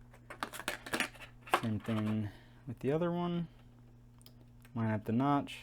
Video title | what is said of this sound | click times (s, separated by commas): Intel NUC 6i7KYK Memory and M.2 Hard Drive install with windows 10 and CSGO Game Play Test | push it in and then push down till you hear it snap into place | 0.4 s, 0.7 s